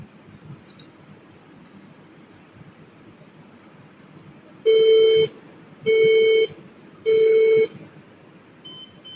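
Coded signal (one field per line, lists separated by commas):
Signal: beep code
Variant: HP desktop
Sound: three long buzzy beeps about a second apart, another beginning as clip ends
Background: room hum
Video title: 3 Long Beeps 2 short Beeps HP Desktop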